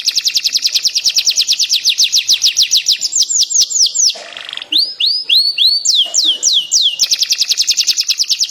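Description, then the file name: Atlantic canary song: loud, rapid trills of upswept notes, changing to slower looping whistled phrases midway, then back to fast rattling trills. Standard-type canary (kenari standar). "suara-kicauan-kenari-standar 4-omkicau"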